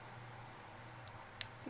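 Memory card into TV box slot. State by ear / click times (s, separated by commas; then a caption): seated / 1.1 s, 1.4 s. A memory card is slid into the USB slot of a Beelink GT King TV box over a steady low background hum. Two short, sharp clicks sound at 1.1 s and 1.4 s, and the card is seated.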